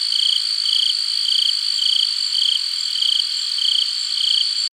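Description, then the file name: Crickets give rapid pulsed chirps about every half second over a shrill steady drone, the sound cutting off abruptly at the end. "Crickets - Hard"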